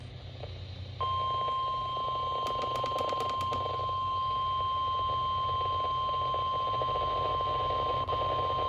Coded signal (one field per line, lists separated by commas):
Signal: Emergency Alert System (SAME) tones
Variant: 1050 Hz attention tone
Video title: NOAA Weather Radio - Severe Thunderstorm Watch #464 [EAS #219] (7/12/22)